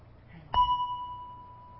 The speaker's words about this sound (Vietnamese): Cho nên trước khi mình thỉnh vang lên một tiếng thì mình phải thức cái chuông để nó rung chuyển. Một cái loại kim khí này nó có cái chuyển động để khi đó mình thỉnh một tiếng mạnh nó không bể.